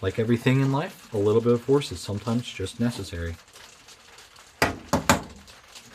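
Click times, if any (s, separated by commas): 4.6 s, 4.9 s, 5.1 s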